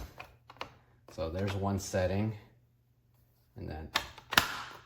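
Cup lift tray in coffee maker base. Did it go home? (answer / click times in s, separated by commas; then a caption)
yes / 4.4 s. Someone talks while lifting the cup-lift tray in the base of a Chefman single-serve, K-Cup-compatible coffee maker up from its first setting. After a pause there is some rustling, and a sharp click at 4.4 s marks the tray seating into its second and highest setting.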